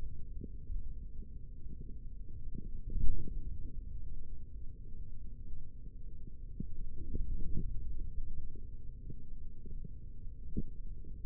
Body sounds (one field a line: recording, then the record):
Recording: forearm muscle sounds (acoustic myography)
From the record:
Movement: hand opening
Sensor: system 3, bracelet of six PUI Audio POM-2738L microphones around the upper forearm, with dedicated amplification and filtering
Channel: 6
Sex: male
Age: 43 years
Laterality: right